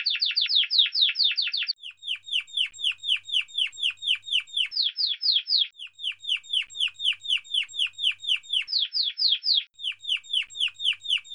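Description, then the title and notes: Canary song in rapid repeated phrases: fast trills of descending notes, switching between a broad buzzy roll and clear downward-sliding whistled notes. Timbrado Español breed; 'Piau-Piau' song phrase. "TIMBRADO ESPANOL Takis"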